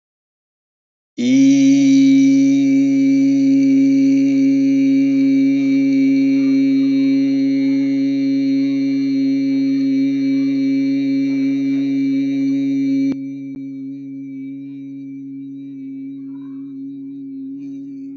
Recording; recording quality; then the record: sustained vowel as in beet; excellent, no background noise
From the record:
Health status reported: healthy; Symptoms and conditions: none ticked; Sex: male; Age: 34 years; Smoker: not ticked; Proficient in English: yes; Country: India